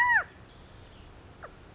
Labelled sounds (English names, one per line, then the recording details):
California Quail
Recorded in Sonoma County, California